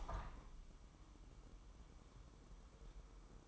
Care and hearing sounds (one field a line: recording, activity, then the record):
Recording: daily activity, microphone in the room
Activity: open window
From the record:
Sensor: 1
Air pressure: 1000.2 hPa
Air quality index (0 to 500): 244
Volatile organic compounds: 132 ppm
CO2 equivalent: 3937 ppm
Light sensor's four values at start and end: 10/26/10/11 and 11/28/11/12